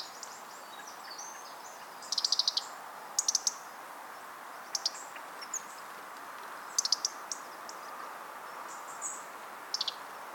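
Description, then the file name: European robin uttering scattered sharp ticks, a few short clicking runs spaced irregularly, with faint thin high notes and a quiet hiss behind. "Erithacus rubecula"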